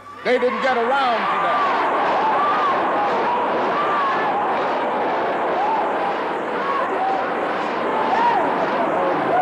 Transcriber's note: soundbite of crowd agreeing